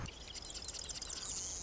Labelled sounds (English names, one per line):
Marsh Wren